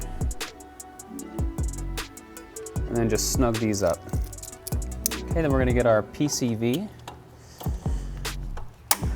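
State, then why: Seated. Over background music, someone talks while a PCV hose connector is pushed into its engine port on a BMW G20 M340i with a B58 engine, during a Pure 800 big turbo install. The connector snaps in with a sharp click at 8.9 s, and the PCV line is seated.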